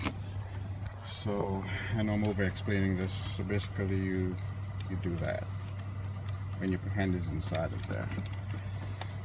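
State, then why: Seated. Someone talks while a hand, reached inside the dash opening, pushes the headlight switch of a Mercedes-Benz S550 back into the dashboard panel until its side clips engage. A steady low hum runs underneath, and a single short click at 9.0 s marks the switch snapping back in and seating.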